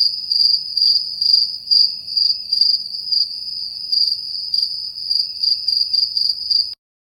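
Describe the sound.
Crickets chirping in a high trill that pulses in short, uneven bursts throughout, over a quiet background.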